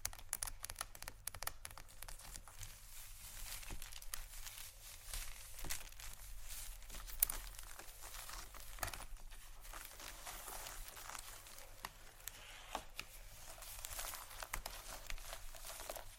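Scratching and tapping on leather bags, a dense crackly rustle of fine clicks that runs without pause for the whole stretch. The texture stays bright and even, with slightly stronger bursts of scraping around the middle and near the end, over a faint low hum.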